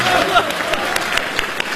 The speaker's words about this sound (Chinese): 您这还要掌声？